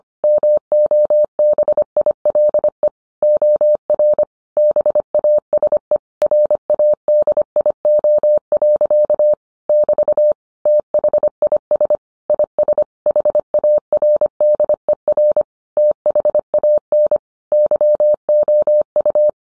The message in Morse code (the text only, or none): MOBILE OR BASE RADIO. <BT> THIS IS HARDER THAN YOU